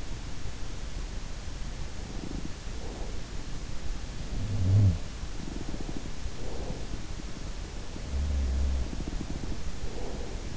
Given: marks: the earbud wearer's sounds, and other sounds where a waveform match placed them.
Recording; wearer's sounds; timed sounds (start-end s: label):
sounds in sleep by an in-ear microphone; breath
2.06-3.15 s: breath
4.38-5.12 s: sound from someone else or the room
5.46-6.94 s: breath
7.91-10.56 s: breath
7.91-10.56 s: sound from someone else or the room